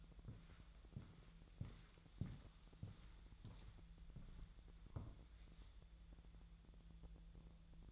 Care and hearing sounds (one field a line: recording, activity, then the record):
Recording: daily activity, microphone in the room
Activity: walk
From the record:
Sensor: 3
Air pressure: 1002.0 hPa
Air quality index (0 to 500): 242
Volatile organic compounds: 111 ppm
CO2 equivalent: 3826 ppm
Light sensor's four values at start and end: 8/20/8/9 and 8/20/8/8